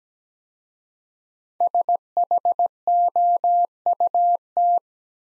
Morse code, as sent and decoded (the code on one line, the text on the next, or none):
... .... --- ..- -
SHOUT